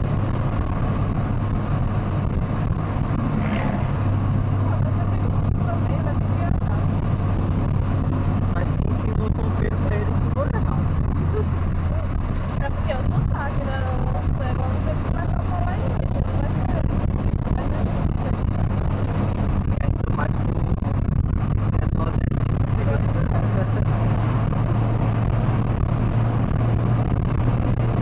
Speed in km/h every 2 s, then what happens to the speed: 116, 114, 112, 109, 108, 103, 101, 103, 102, 102, 112, 125, 131, 136.
0-12 slows to 101. 12-18 steady at about 102. 18-28 speeds up to 136.